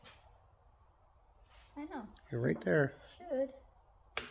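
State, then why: Torque reached. A click-type torque wrench set to 216 inch-pounds tightens a bolt on a TH700R4 transmission oil pan while someone talks. A single sharp click at 4.2 s shows the wrench reaching its torque setting.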